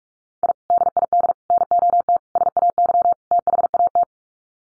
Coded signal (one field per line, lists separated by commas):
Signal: Morse code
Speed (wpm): 44 wpm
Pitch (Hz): 700 Hz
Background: none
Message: I DID NOT SAY THAT